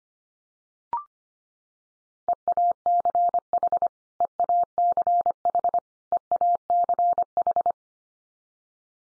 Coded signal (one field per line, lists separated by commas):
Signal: Morse code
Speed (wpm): 25 wpm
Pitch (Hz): 700 Hz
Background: none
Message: EACH EACH EACH